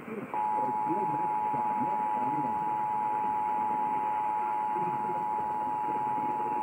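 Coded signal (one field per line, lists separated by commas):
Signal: Emergency Alert System (SAME) tones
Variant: 853 and 960 Hz attention tone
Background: speech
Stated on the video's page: Required Monthly Test originated by the state emergency management agency and relayed to radio and TV stations.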